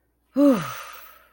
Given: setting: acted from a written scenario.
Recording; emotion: vocal sound without words; pride